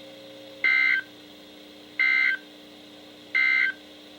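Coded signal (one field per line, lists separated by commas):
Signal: Emergency Alert System (SAME) tones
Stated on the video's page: Real NOAA Weather Radio alerts during a severe weather night, received on several weather radios including a Bearcat BC-W and Midland Weathermax.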